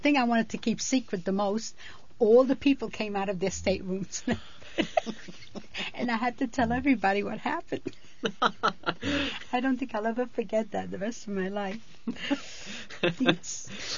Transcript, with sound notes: The thing I wanted to keep secret the most, all the people came out of their staterooms. ( they laugh ) And I had to tell everybody what happened. (laughs) I don't think I'll ever forget that the rest of my life.